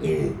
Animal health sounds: contact call of a hoofed animal; pig; closed-mouth grunt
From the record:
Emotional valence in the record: negative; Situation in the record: short social isolation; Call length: 0.40 s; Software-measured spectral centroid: 1560 Hz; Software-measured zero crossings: 850 a second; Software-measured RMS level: -24 dBFS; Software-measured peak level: -13 dBFS

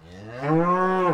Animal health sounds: contact call of a hoofed animal; cattle; low-frequency (closed-mouth) or high-frequency (open-mouth) call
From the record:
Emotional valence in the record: negative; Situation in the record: full separation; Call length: 1.14 s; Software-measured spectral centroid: 1130 Hz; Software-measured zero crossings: 1490 a second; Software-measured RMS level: -23 dBFS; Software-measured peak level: -10 dBFS

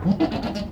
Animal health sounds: contact call of a hoofed animal; goat; low-frequency (closed-mouth) or high-frequency (open-mouth) call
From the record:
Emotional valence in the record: negative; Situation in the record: food frustration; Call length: 0.72 s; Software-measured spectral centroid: 1590 Hz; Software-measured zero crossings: 1080 a second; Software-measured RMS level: -23 dBFS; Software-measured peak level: -9 dBFS

